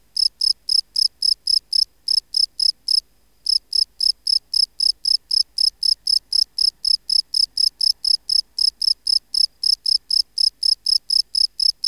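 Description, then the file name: Field cricket song: a continuous run of loud, clear high chirps at a fast steady pace, with one brief break around three seconds. "Gryllus campestris"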